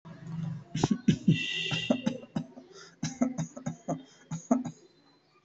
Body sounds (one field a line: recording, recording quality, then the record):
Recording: shallow voluntary cough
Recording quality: excellent, no background noise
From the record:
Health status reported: healthy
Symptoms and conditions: asthma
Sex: male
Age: 31 years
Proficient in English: yes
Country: India